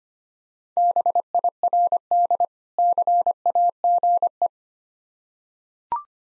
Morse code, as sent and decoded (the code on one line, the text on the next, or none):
-... .. .-. -.. / -.-. .- --. .
BIRD CAGE